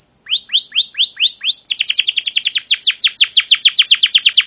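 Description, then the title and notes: Canary song of repeated downward-swept chirps that speed up into a rapid series of slurred notes. Long chattering 'cuit cuit ngerol' canary song used as a lure or master recording to train young canaries to sing. "CUIT CUIT NGEROL LANGSUNG GACOR PANJANG Kenari Ini AMPUH Utk Pancingan KENAR. PANCINGAN Kenari GACOR PANJANG Cuit CUIT EMOSI ini AMPUH utk MASTERAN Kenari PAUD belajar BUNYI. burung kenari"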